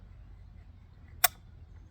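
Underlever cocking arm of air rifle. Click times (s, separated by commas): 1.2 s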